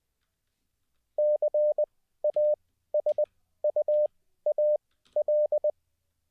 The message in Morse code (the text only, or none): CASUAL